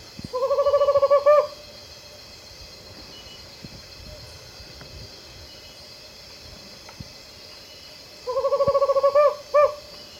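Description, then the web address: Tropical screech owl repeating its purring trill twice, each a quick string of low hoots ending in a few louder emphatic notes, with quiet gaps between. Eastern lowlands of South America. "Natures Songs S America Eastern Lowlands. Tropical Screech-Owl"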